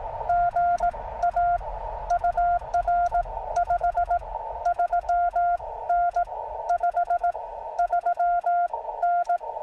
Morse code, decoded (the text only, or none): GA UR 53N 53N